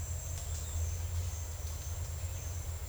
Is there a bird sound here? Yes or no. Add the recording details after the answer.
no. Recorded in secondary vegetation near Puerto Asís, Putumayo, Colombia, on 20 December 2024 at 09:00. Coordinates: 0.481, -76.318. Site G042